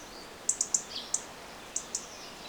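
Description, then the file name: European robin giving short, very high sharp ticking calls in a quick cluster of five, then two more after a pause, over steady background hiss. "Erithacus rubecula"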